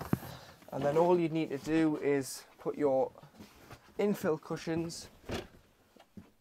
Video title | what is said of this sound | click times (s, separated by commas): Besscarr E495 - Handover Video 📜 | the slats can't move back or forward the lock into place | 0.0 s, 0.1 s